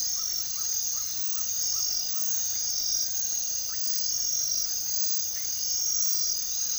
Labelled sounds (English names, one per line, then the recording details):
Green-backed Trogon
Cinereous Tinamou
Russet-backed Oropendola
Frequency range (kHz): Green-backed Trogon 0.3-2.0 kHz; Cinereous Tinamou 1.2-2.3 kHz; Russet-backed Oropendola 0.9-3.6 kHz
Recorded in secondary vegetation near Puerto Asís, Putumayo, Colombia, on 18 February 2024 at 06:00
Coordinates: 0.500, -76.326
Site G6428